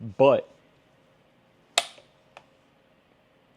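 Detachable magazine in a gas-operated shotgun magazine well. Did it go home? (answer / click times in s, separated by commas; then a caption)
partly / 1.8 s. A detachable box magazine sits in the magazine well of a Derya Arms DY12 gas-operated shotgun; it looked seated but was not fully home. Someone talks briefly, then a sharp click at 1.8 s as the magazine latch catches when the magazine is pulled down, followed by a fainter tick at 2.4 s. The result shows the magazine had only been partly seated.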